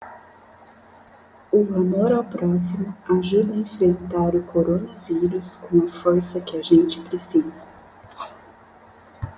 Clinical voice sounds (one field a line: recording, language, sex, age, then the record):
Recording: spoken sentence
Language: Brazilian Portuguese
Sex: female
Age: 30 to 39 years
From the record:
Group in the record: control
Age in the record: 36 years